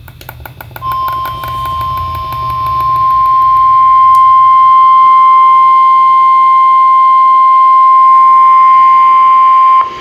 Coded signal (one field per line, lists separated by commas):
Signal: Emergency Alert System (SAME) tones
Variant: 1050 Hz attention tone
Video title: Marginal Risk Chaos (EAS Alerts from 7/6/2026) (EAS #971-1026)